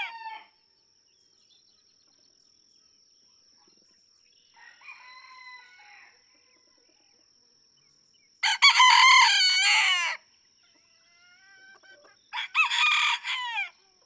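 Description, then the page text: Red junglefowl (chicken): roosters crowing in turn, a faint crow, then two loud harmonic crows a few seconds apart, with a softer crow in between. Several domestic roosters (chickens) in a barnyard, each crowing differently, just outside Mammoth Cave National Park, Kentucky, USA, June 2, 2010; illustrates that each individual has its own song. "Birdsong for the Curious Naturalist Red junglefowl (chicken) No two roosters crow alike in this Kentucky barnyard. June 2, 2010. Just outside Mammoth Cave National Park, Kentucky."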